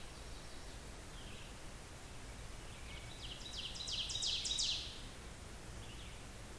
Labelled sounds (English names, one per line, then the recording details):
Ovenbird song
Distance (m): 40 m
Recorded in boreal forest in Alberta, Canada, on 16 June 2016 at 05:31
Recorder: SongMeter 3, array SBT-3-32
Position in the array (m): 108 m, 140 m
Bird 37